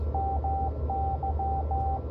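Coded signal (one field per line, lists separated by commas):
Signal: Morse code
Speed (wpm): 17 wpm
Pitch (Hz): 780 Hz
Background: radio noise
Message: MY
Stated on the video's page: Straight key Morse in a live QSO, received on a KH1.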